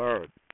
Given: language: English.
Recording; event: throat vibration sensor signal played as sound; speech